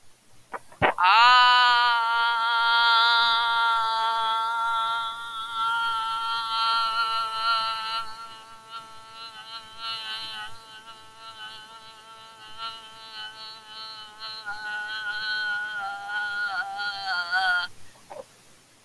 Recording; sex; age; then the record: vowel held as long as possible; female; 60 to 69 years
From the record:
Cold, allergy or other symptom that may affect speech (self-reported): no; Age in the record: 69 years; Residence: Rhode Island, United States